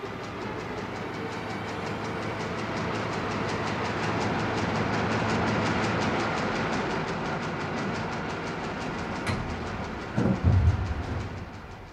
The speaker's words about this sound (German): Er sah das Papierlager, die Setzerei und gelangte in die Druckerei mit dem ohrenbetäubenden Lärm der Rotationsmaschine.